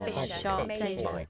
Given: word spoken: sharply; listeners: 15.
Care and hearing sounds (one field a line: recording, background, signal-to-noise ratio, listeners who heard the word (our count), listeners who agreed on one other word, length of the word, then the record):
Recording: one English word in noise, from a listening test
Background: four-talker babble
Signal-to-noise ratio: -1.9 dB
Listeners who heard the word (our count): 0 of 15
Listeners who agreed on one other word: 8 of 15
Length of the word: 0.90 s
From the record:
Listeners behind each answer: 8, 2, 1, 1, 1, 1, 1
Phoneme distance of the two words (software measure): 45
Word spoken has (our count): 2 syllables, 5 phonemes, stress on syllable 1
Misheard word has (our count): 2 syllables, 4 phonemes, stress on syllable 1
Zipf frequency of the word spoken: 3.50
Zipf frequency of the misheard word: 3.75